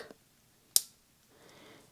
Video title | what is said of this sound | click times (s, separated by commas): Fitbit Charge 4 Unboxing & More! | all you have to do is line it up and push it in until you hear a click | 0.8 s